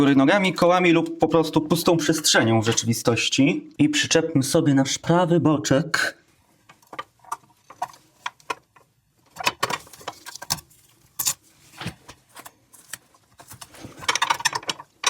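Someone talks for the first six seconds, then handles the plastic right rear side body panel of a 1/8 scale KITT model kit, positioning it onto the chassis frame. Scattered light plastic taps and rustles follow, with sharper knocks around 9.5, 10.5, 14.5 and 15.1 seconds. Nothing has seated or clicked into place yet.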